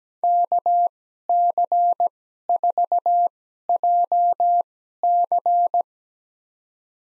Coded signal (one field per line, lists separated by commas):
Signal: Morse code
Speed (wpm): 17 wpm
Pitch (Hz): 700 Hz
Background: none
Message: KC4JC